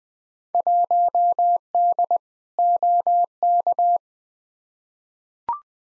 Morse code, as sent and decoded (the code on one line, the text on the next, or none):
.---- -.. / --- -.-
1D OK